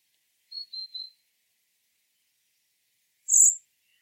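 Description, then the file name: Common blackbird calls: three short thin high notes in quick succession, then after a pause a single brief, louder, very high burst; otherwise silent. "Turdus merula"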